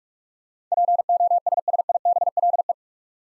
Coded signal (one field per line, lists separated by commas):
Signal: Morse code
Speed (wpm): 46 wpm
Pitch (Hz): 700 Hz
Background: none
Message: POSSIBLE